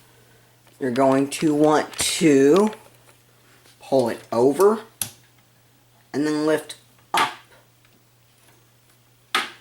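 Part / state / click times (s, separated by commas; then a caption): CPU socket retention lever releasing from its catch on the motherboard socket / released / 5.0 s. Someone talks while the metal retention lever of a CPU socket on an AMD-based motherboard is pulled over and out from its catch, giving a sharp click at 5.0 s, then lifted up. The click means the lever has released the CPU, and the lever should not be pushed further after it.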